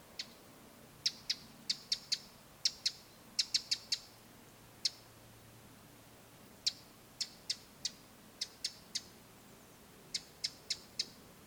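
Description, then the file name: Eurasian wren giving sharp, dry tick calls in loose series of varying length, spaced by short pauses, high-pitched and clicky throughout. "Troglodytes troglodytes"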